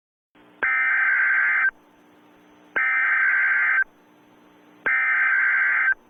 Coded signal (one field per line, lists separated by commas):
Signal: Emergency Alert System (SAME) tones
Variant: header bursts